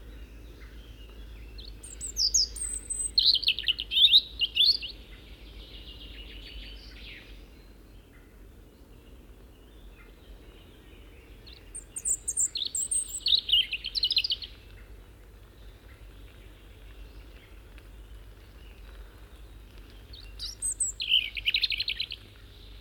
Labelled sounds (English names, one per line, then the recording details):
European Robin song
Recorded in the wild
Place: Putbus, Insel Rügen, Mecklenburg-Vorpommern, DE
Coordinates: 54.355, 13.467
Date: 1971-05-27
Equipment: Nagra III BH, Sennheiser MD 21, parabola
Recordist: Schubert, Michael